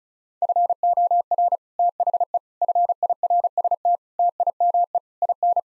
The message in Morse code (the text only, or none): FOR THE FIRST TIME IN